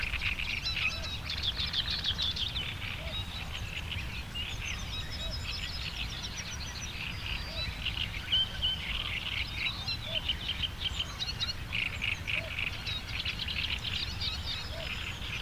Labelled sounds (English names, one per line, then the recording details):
Little Bittern
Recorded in the wild
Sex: male
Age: adult
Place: Hobrechtsfelder Rieselfelder, Naturpark Barnim, Berlin, DE
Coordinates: 52.6683, 13.4686
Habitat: pond
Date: 2008-06-15
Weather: stark bewölkt, fast windstill, ca. 13°C
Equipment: Sound Devices 702, Sennheiser MKH 70, Windkorb
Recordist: Frommolt, Karl-Heinz